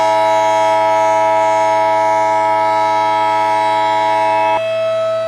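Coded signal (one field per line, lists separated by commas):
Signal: Emergency Alert System (SAME) tones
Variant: 853 and 960 Hz attention tone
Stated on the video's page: Fictional EAS scenario of a worst-case Illinois tornado outbreak.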